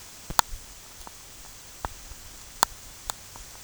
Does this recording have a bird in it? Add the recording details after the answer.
no. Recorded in secondary vegetation near Puerto Asís, Putumayo, Colombia, on 27 June 2025. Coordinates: 0.488, -76.319. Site G094